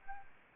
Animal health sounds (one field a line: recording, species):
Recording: mosquito wingbeat signal from an infrared sensor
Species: Anopheles arabiensis